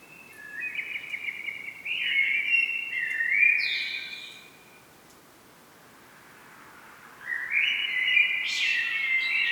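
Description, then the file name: Common blackbird delivering a long, rolling fluty phrase with a short high squeak, a lull, then another rich whistled phrase rising into thin high notes. "Turdus merula"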